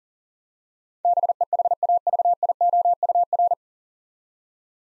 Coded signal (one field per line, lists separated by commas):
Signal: Morse code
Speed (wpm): 40 wpm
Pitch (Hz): 700 Hz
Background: none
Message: BEHAVIOUR